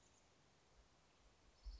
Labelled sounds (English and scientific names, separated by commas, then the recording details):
Chestnut-backed Chickadee (Poecile rufescens)
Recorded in Sonoma County, California